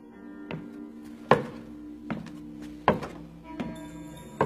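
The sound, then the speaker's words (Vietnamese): A walking cane thumps on the wooden floor of a village house at night six times in a slow, uneven rhythm, each knock hollow and sharp, over a faint steady humming drone. “Ban đêm họ nghe rõ có tiếng chân chống gậy cồm cộp ở trên sàn gỗ nhà họ.”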